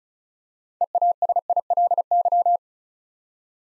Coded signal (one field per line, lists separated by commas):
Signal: Morse code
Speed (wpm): 36 wpm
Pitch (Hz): 700 Hz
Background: none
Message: EASILY